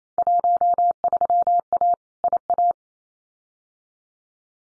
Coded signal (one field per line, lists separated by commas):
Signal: Morse code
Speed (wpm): 28 wpm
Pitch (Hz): 700 Hz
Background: none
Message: 13A IA